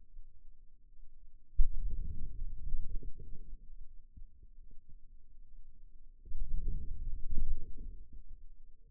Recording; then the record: forearm muscle sounds (acoustic myography)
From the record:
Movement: outward rotation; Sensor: system 2, bracelet of six BSWA MPA416 microphones around the upper forearm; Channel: 1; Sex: male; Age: 22 years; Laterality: right